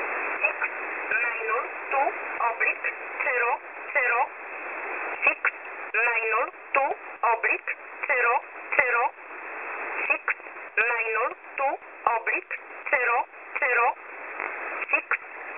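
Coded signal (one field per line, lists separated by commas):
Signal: numbers station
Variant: E11 Oblique, English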